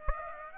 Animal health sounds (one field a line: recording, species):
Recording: mosquito wingbeat signal from an infrared sensor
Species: Aedes aegypti